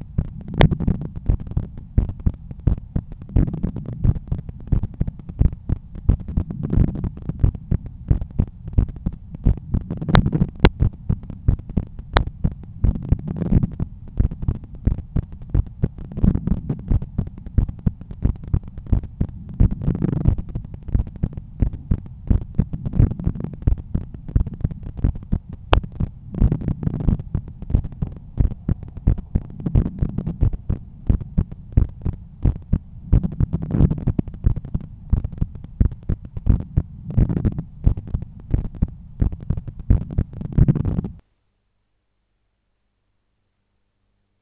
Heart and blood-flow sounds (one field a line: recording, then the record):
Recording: heart sounds by stethoscope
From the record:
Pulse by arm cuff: 90 bpm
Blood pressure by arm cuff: 124/79 mmHg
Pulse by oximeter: 93 bpm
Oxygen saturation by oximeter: 96%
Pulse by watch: 96 bpm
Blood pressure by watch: 133/88 mmHg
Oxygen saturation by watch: 96%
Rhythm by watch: sinus rhythm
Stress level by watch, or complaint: low stress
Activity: after 10 min smoking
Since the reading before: plus 200 steps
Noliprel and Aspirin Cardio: after pills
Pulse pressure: 45 mmHg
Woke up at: 7:50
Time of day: 16:35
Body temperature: 36 C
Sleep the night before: 7 h 52 min, score 75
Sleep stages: REM 24%, light 55%, deep 12%, awake 9%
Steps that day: 9500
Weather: sunny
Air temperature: 23.3 C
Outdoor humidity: 52%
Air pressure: 1013 hPa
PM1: 4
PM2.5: 7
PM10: 8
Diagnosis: hypertension, treated with Noliprel and Aspirin Cardio 100 mg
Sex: male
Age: 53 years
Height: 174 cm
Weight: 81 kg